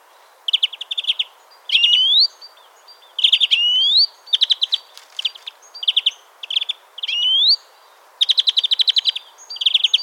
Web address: SETE Chloris chloris